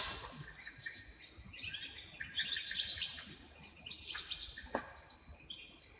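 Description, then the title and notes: High, sweet wren trills tumble one after another, several birds overlapping, with brief chip notes and faint background noise throughout. Dozens of wrens in the backyard of a home in Dover, southern Tasmania. "Nature Sounds Tasmania - Dover Wrens. The sounds of dozens of wrens in the backyard of a home in Dover, southern Tasmania"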